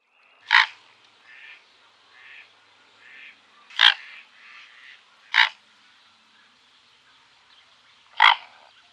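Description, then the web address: Mute swan calls: four short, harsh bursts spaced irregularly, with softer calls in between. "Schulze Peter Mute Swan"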